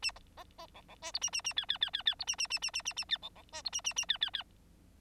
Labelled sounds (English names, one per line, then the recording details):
Bengalese Finch song
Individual Bird9